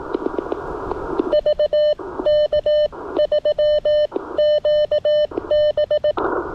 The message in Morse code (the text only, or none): VK3QB